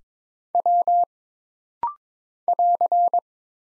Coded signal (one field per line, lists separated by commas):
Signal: Morse code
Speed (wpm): 22 wpm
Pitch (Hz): 700 Hz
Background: none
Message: W <AR>